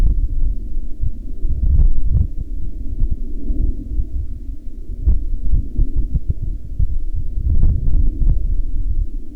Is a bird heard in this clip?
no